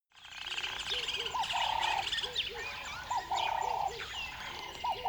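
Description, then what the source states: Birds calling: short upslurred notes and steady mid-pitched held notes repeating, over a busy chorus of high chirps and twitters from other birds. River bed at dawn; the birds are upset.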